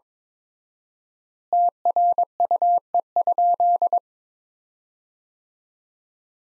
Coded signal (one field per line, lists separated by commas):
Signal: Morse code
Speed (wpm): 22 wpm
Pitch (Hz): 700 Hz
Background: none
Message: TRUE?